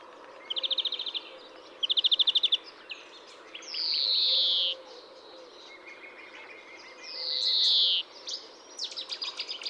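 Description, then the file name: European greenfinch song: quick rattling trills, then two drawn-out buzzy falling wheezes, followed by more twittering notes near the end. "Chloris chloris"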